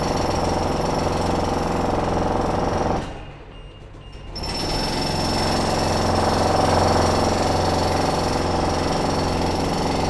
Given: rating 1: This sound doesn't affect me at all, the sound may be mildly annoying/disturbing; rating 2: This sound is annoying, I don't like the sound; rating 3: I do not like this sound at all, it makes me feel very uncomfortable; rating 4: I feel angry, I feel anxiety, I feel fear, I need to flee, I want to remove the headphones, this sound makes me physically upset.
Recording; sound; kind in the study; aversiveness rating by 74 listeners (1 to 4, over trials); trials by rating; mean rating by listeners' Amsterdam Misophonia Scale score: sound for misophonia research; construction drilling; generally unpleasant; mean 1.81, standard deviation 0.88; 133 rated 1, 95 rated 2, 54 rated 3, 12 rated 4; 1.51 (sub-clinical, 0 to 4), 1.77 (mild, 5 to 9), 2.09 (moderate, 10 to 14), 2.25 (severe or extreme, 15 or more)